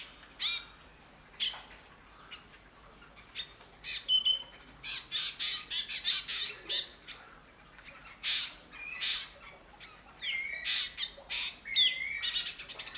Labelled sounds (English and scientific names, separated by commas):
Black Drongo (Dicrurus macrocercus)